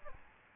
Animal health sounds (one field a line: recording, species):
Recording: mosquito wingbeat signal from an infrared sensor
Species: Aedes albopictus